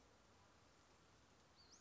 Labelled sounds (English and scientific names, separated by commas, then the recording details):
Western Flycatcher (Empidonax difficilis)
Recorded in Sonoma County, California